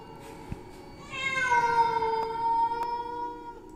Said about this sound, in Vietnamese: Sau đó họ nghe rõ là tiếng mèo. Kỳ lạ là không phải loài mèo nhà, mà là tiếng mèo hoang, những con mèo rừng đang kêu lên ghê rợn ở bên kia dòng suối.